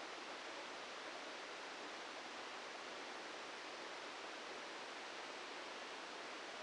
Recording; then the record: brain microelectrode recording played as sound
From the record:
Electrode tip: inside the subthalamic nucleus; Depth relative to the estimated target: -1 mm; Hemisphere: left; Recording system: NeuroSet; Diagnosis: Parkinson's disease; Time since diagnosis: 14 years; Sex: male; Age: 51 years